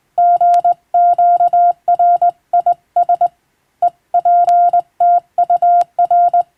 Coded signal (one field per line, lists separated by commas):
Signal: Morse code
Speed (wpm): 20 wpm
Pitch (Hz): 700 Hz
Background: none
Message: GQRIS EPTUR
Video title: 懐かしいモールス通信、昭和はラジオでよく聞こえました。船と陸との唯一の通信手段、大変貴重で重要な無線通信でした。アマチュア無線、ハムの受信トレーニングにどうぞ morse code practice